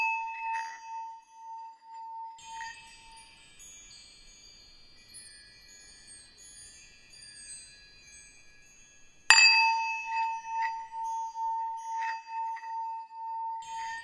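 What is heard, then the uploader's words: Bells and chimes ring with a long, steady tone that fades out by about four seconds, while lighter shimmering chime notes drift on through a quiet stretch. A sharp strike near nine seconds sets the main tone ringing again, with bright tinkling chimes returning at irregular intervals. Calming bells and chimes.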